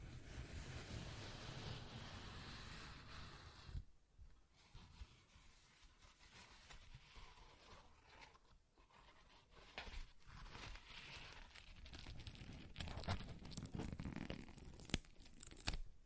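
Paper being ripped and torn, with a dense, rough tearing noise for the first four seconds before a sudden drop. After that come scattered crinkling and rubbing sounds that grow busier and louder toward the end, with sharp snaps near fifteen and sixteen seconds.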